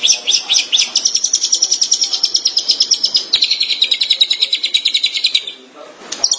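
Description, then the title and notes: Long-tailed Shrike song: a steady, fast train of harsh repeated notes lasting several seconds, then a short quiet gap and a final burst. Dated March 2017. "Pentet 201703. Suara burung pentet"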